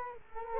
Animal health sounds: mosquito wingbeat signal from an infrared sensor; Culex quinquefasciatus

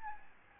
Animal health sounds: mosquito wingbeat signal from an infrared sensor; Aedes albopictus

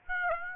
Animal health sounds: mosquito wingbeat signal from an infrared sensor; Aedes aegypti

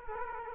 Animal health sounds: mosquito wingbeat signal from an infrared sensor; Culex quinquefasciatus

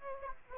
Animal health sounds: mosquito wingbeat signal from an infrared sensor; Aedes aegypti

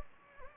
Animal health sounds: mosquito wingbeat signal from an infrared sensor; Anopheles gambiae

